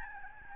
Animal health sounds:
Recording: mosquito wingbeat signal from an infrared sensor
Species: Aedes albopictus

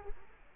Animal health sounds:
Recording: mosquito wingbeat signal from an infrared sensor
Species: Culex quinquefasciatus

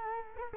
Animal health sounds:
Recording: mosquito wingbeat signal from an infrared sensor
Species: Culex quinquefasciatus

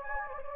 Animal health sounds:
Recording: mosquito wingbeat signal from an infrared sensor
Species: Anopheles gambiae

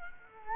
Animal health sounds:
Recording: mosquito wingbeat signal from an infrared sensor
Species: Culex quinquefasciatus

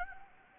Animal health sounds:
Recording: mosquito wingbeat signal from an infrared sensor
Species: Anopheles gambiae

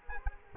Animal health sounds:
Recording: mosquito wingbeat signal from an infrared sensor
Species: Culex quinquefasciatus

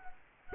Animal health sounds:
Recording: mosquito wingbeat signal from an infrared sensor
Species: Culex quinquefasciatus

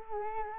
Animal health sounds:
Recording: mosquito wingbeat signal from an infrared sensor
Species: Culex quinquefasciatus

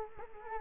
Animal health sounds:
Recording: mosquito wingbeat signal from an infrared sensor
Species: Culex quinquefasciatus

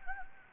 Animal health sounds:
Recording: mosquito wingbeat signal from an infrared sensor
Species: Anopheles gambiae

